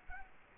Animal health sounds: mosquito wingbeat signal from an infrared sensor; Culex quinquefasciatus

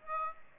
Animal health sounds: mosquito wingbeat signal from an infrared sensor; Aedes aegypti

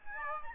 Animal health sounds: mosquito wingbeat signal from an infrared sensor; Aedes albopictus

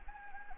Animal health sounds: mosquito wingbeat signal from an infrared sensor; Anopheles gambiae

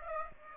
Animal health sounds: mosquito wingbeat signal from an infrared sensor; Aedes aegypti

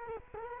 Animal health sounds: mosquito wingbeat signal from an infrared sensor; Culex quinquefasciatus

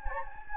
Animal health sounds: mosquito wingbeat signal from an infrared sensor; Anopheles gambiae

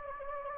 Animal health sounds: mosquito wingbeat signal from an infrared sensor; Anopheles gambiae

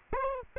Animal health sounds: mosquito wingbeat signal from an infrared sensor; Aedes aegypti

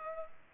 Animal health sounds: mosquito wingbeat signal from an infrared sensor; Culex pipiens

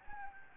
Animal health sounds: mosquito wingbeat signal from an infrared sensor; Anopheles gambiae

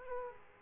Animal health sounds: mosquito wingbeat signal from an infrared sensor; Aedes aegypti

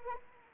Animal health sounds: mosquito wingbeat signal from an infrared sensor; Anopheles arabiensis

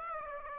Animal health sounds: mosquito wingbeat signal from an infrared sensor; Aedes aegypti

